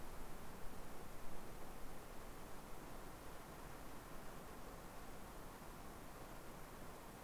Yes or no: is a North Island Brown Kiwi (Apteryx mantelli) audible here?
no